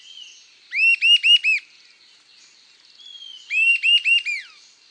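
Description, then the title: Sibilant sirystes call, two rapid bursts of four bright arched whistles, the second preceded by a long descending whistle, with a faint high buzz in the background. Subspecies Sirystes sibilator sibilator, assumed from location. "LuckyPassaro Completos2Sama. Sibilant Sirystes (Sirystes sibilator sibilator (ssp assumed from location))"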